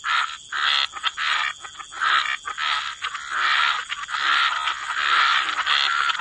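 Frogs calling in a chorus, overlapping raspy croaks in uneven bursts, with a steady high hiss underneath.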